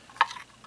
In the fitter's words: snaps into place